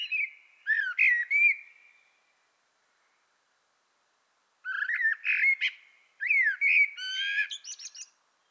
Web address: pub SETE data Turdus merula